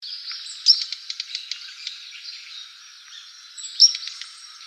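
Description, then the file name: Daurian redstart calls: thin, high ticking notes in a loose series, with two sharper whistled notes about three seconds apart. Recorded 1 November 2017. "171101"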